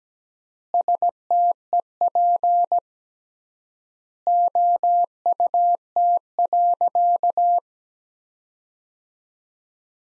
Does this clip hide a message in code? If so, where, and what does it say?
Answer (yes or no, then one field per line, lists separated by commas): yes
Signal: Morse code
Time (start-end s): 0.7-7.6 s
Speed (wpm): 17 wpm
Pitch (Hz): 700 Hz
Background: none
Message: STEP OUT.